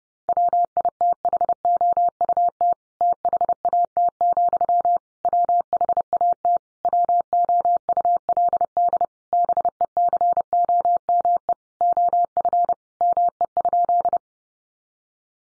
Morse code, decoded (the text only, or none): WITHOUT THAT, WHAT WOULD BECOME OF ME?